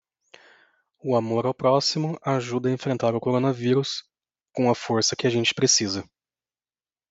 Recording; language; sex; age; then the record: spoken sentence; Brazilian Portuguese; male; 30 to 39 years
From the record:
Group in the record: control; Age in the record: 32 years